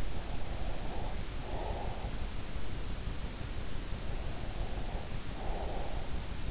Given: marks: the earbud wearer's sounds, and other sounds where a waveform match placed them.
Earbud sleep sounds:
sounds in sleep by an in-ear microphone; breath
0.04-2.32 s: breath
4.10-6.41 s: breath

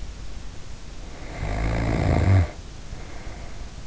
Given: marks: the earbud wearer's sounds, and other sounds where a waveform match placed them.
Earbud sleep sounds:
sounds in sleep by an in-ear microphone; snoring breath
1.02-3.80 s: snoring breath

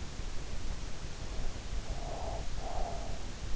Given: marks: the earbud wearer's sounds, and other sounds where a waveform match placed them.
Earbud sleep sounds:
sounds in sleep by an in-ear microphone; breath
1.87-3.24 s: breath

